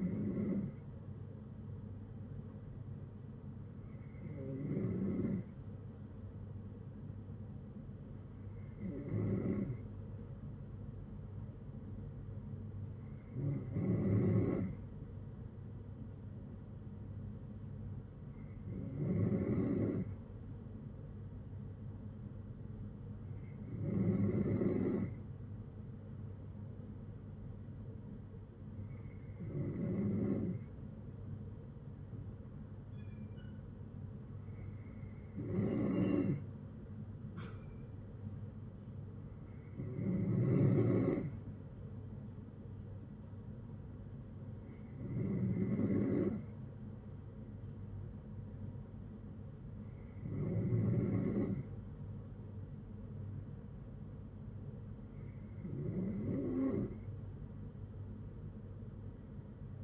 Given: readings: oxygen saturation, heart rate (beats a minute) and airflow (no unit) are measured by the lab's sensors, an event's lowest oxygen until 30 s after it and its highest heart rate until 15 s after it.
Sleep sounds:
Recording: breathing in sleep by a smartphone at the bedside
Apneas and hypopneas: none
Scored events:
1.00-31.00 s: new sleep stage, N2 (light sleep)
31.00-59.84 s: new sleep stage, N3 (deep sleep)
From the record:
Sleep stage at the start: N3 (deep sleep)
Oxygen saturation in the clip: 93 to 94%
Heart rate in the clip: 55 to 72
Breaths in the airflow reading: 12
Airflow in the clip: -8.3 to 7.0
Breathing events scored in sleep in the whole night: 182 in 7.4 hours asleep

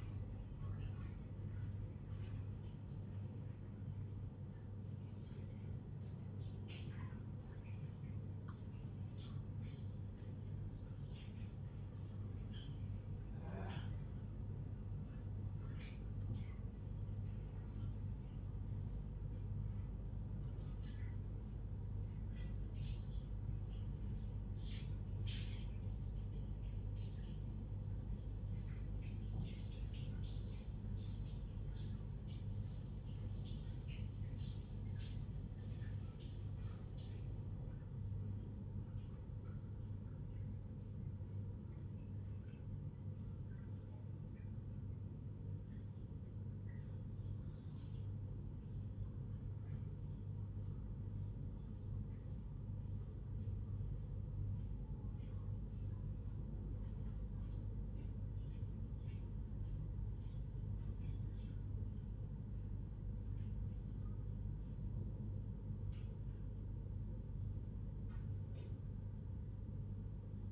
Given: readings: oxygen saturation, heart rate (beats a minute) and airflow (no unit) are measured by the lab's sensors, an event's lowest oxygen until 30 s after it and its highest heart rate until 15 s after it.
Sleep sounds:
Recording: a person awake in a sleep study, by a smartphone at the bedside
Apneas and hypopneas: none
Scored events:
none scored
From the record:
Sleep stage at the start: awake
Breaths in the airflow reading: 29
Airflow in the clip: -0.7 to 0.6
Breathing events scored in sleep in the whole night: 158 in 7.3 hours asleep

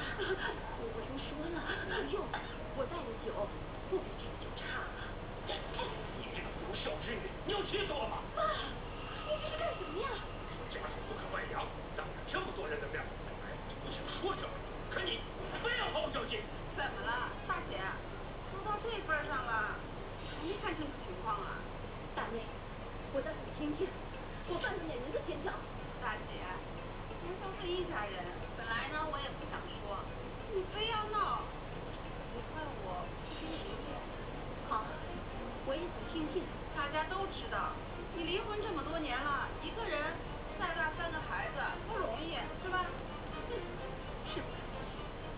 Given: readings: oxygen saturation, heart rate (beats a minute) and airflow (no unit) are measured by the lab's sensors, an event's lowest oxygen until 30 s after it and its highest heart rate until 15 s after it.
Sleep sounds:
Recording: a person awake in a sleep study, by a voice recorder at the bedside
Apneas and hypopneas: none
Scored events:
0.00-45.38 s: awake
From the record:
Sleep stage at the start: awake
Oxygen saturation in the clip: 92 to 93%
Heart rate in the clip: 58 to 62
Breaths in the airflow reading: 14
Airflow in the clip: -4.5 to 4.7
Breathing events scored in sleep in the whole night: 476 in 9.7 hours asleep

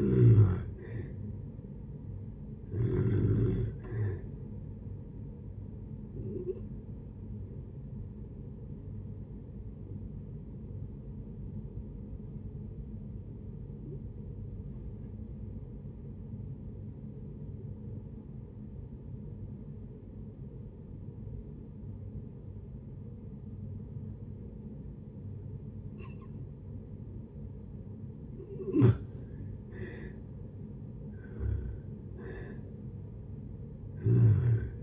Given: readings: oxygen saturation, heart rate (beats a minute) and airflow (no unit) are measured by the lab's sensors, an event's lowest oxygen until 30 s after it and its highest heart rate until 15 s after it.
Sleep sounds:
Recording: breathing in sleep by a smartphone at the bedside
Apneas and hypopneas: 1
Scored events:
8.00-30.00 s: hypopnea (N1, oxygen 97% highest, then 83% lowest)
13.00-34.83 s: new sleep stage, N2 (light sleep)
From the record:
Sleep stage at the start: N1 (lightest sleep)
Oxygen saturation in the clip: 85 to 97%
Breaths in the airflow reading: 5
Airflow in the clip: -6.2 to 8.6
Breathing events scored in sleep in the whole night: 496 in 5.4 hours asleep

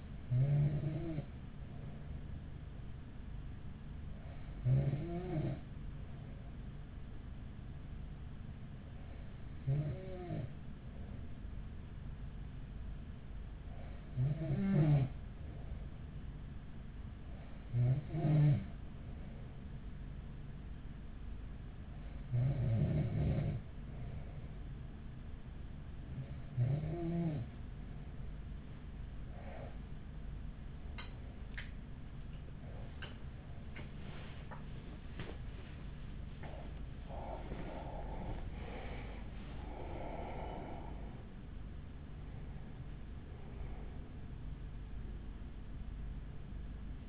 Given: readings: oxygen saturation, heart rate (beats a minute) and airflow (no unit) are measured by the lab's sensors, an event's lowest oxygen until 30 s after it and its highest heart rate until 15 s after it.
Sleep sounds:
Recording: breathing in sleep by a smartphone at the bedside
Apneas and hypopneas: 1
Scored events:
7.00-40.60 s: hypopnea (N1, oxygen 96% highest, then 95% lowest, heart rate 42 at the start, 68 highest)
From the record:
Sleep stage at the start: N1 (lightest sleep)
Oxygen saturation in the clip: 95 to 96%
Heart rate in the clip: 42 to 68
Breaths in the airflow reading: 11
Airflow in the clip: -6.3 to 10.2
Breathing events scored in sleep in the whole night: 207 in 7.6 hours asleep

